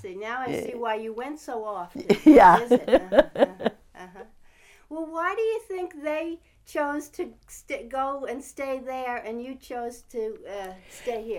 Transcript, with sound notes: Now I see why you went so often visiting.
Yeah. (she laughs )
Well, why do you think they chose to go and stay there and you chose to stay here?